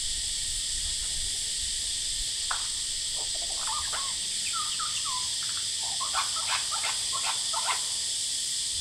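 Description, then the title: Lyrebird song, a slow start then clustered whistles and short stuttering notes, masked by a heavy continuous cicada drone. Male, Horsfield Bay, New South Wales, Australia, 23 January 2017, singing vigorously outside a window, with loud cicadas calling; noise reduction applied. "Lyrebird - Horsfield Bay NSW, Jan 23 2017"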